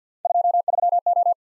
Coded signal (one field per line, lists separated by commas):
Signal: Morse code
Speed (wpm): 53 wpm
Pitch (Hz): 700 Hz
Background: none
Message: 23O